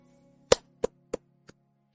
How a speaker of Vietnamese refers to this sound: Vài tiếng vỗ tay đơn điệu vang lên cùng lúc khi Diệp Mặc ngẩng đầu.